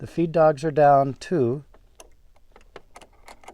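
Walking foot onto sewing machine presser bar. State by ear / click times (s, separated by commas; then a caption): not seated / none. Someone talks, then a walking foot is maneuvered onto the presser bar of a Bernina sewing machine with its fork positioned. Light metal jangling and tapping follow, with faint ticks at about 2.0, 2.8, 3.0, 3.3 and 3.5 seconds. The foot has not yet seated or clicked into place.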